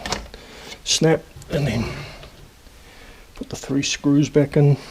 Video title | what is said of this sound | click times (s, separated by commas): 1969-71 Continental Mark III, Pulling the dash fascia and then how to get the Clock out. | got to make sure it's flat. Snap, | 0.1 s